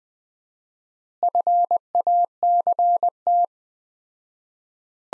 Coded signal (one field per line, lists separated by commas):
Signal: Morse code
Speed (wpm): 21 wpm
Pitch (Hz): 700 Hz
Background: none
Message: FACT